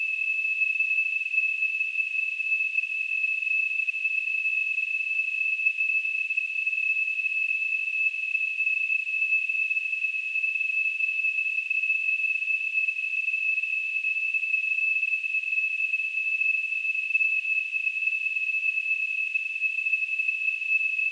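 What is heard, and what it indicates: A steady, high-pitched whistling tone near 2.7 kHz with a faint hiss above it, unchanging for about 21 seconds. It simulates tinnitus, the ringing or whistling some people hear with no outside source.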